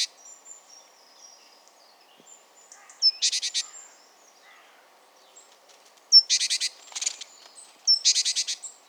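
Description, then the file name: Great tit giving three bursts of rapid, grating notes, separated by quieter gaps with faint high twittering. "Parus major"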